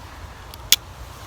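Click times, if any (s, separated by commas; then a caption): 0.7 s. A pocket knife's cross-shaped lock release on the handle is pressed in, and the blade folds closed with a sharp snap at 0.7 s, preceded by a faint tick at 0.5 s. The lock is released and the blade is shut.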